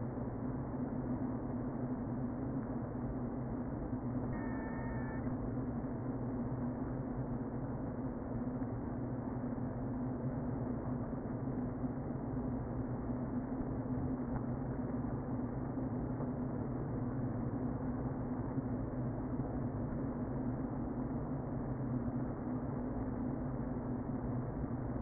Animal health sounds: honeybee colony, microphone inside the hive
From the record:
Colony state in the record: queen present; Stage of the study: before two queens were removed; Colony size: about 60,000 bees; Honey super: yes

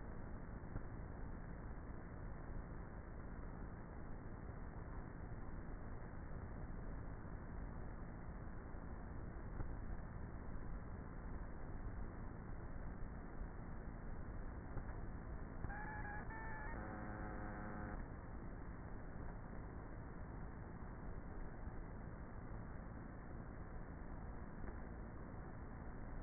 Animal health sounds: honeybee colony, microphone inside the hive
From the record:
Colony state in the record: queenless with a low population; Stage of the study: before two queens were removed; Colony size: about 30,000 bees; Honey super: no

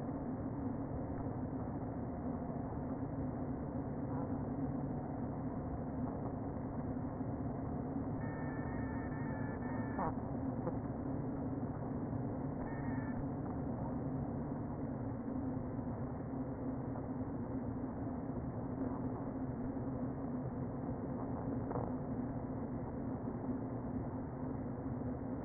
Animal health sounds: honeybee colony, microphone inside the hive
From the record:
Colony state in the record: queen present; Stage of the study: before two queens were removed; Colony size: about 60,000 bees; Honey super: yes

